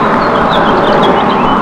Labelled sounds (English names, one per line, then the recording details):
House Finch song
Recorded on Long Island, New York, on 18 June 2012
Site OG
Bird A